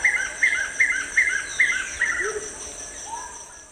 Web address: Natures Songs S America Eastern Lowlands Monasa morphoeus, group song